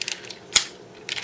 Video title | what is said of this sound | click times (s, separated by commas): Review Time Encore G1 Sky Lynx | they'll lock into place little buttons | 0.6 s